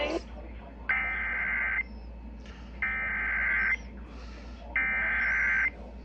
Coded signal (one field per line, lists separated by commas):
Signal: Emergency Alert System (SAME) tones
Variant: header bursts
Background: speech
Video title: idk: EAS#352-365 (EAS Alerts from 6/20, 6/27, 7/12 and 7/23)